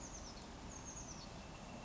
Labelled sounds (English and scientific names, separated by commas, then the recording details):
Oak Titmouse (Baeolophus inornatus)
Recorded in Sonoma County, California